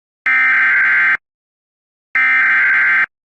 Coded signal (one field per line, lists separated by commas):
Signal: Emergency Alert System (SAME) tones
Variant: header bursts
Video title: A Remastered EAS scenario: The Object Flags